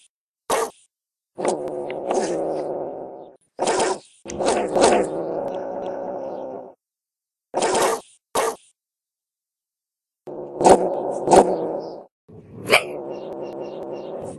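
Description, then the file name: Wildcat giving repeated harsh, droning yowls, interrupted by abrupt spitting bursts and brief pauses. "Sonido del Gato Montés"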